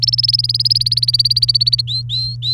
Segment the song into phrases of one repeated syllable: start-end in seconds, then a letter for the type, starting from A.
0.00-1.81 A, 1.87-2.53 B